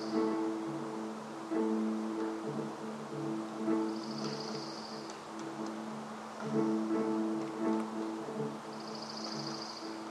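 Forest Park ambience: a soft steady hiss under wavering low droning tones, with a high buzzy trill rising near four seconds and again at the end.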